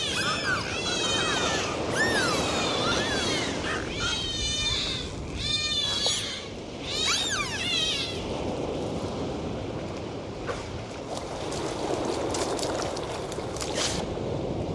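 Dolphins whistling in quick wavering bursts during the first half, then mostly steady hissing noise with faint traces.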